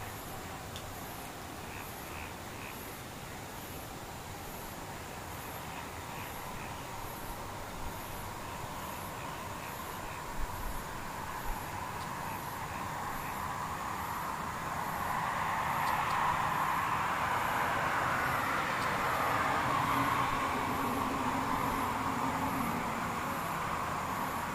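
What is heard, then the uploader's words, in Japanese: A near-silent scene with faint, distant insects chirping in a steady, evenly spaced pulse high up throughout. A few soft calls sound in the first half, and from about 15 seconds a low, vehicle-like rumble swells and lingers to the end. 無音 遠くにムシ。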